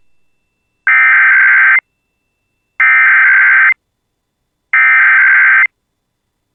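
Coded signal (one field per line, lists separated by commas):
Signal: Emergency Alert System (SAME) tones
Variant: header bursts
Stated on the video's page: Minnesota Required Monthly Test from state Homeland Security and Emergency Management, originated via CAP.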